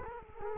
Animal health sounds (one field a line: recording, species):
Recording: mosquito wingbeat signal from an infrared sensor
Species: Culex quinquefasciatus